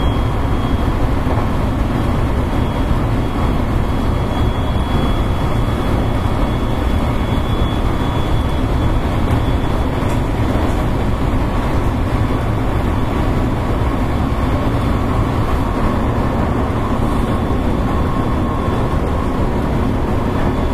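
A JR West 223 series train runs steadily, its heavy low rumble and rattling wheel noise holding constant with no breaks. A faint thin whine sits above the roar throughout, and a brief brighter scrape passes around seventeen seconds.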